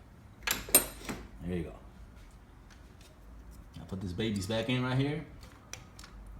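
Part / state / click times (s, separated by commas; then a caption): fuel injector clip or connector into the injector/fuel rail on the engine / seated / 5.7 s. During fuel injector reinstallation on a 2006–2008 BMW 335i, 330i or 328 engine, a fuel injector clip or connector is pushed back onto the injector or fuel rail, with sharp metallic clatter near the start while someone talks. A short, sharp click at 5.7 s marks the part seating in place.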